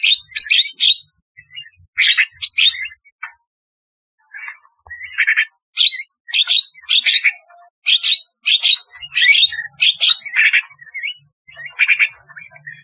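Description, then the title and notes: Starling song of dense buzzy chattering phrases and whistles in quick bursts, with a brief pause early on. "Kicau Burung Jalak"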